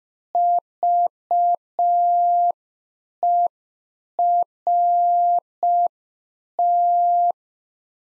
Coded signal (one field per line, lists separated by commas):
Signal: Morse code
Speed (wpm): 5 wpm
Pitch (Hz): 700 Hz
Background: none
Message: VERT